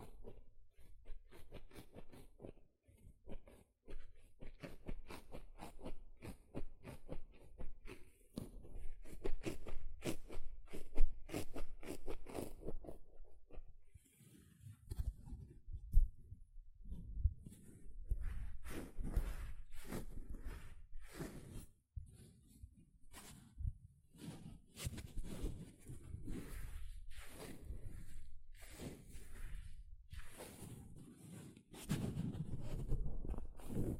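A sponge being scratched and squished: rapid dense scraping strokes for fourteen seconds, then slower, fuller squishing and rubbing bursts with brief pauses.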